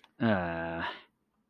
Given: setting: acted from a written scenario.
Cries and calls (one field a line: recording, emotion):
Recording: vocal sound without words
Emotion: embarrassment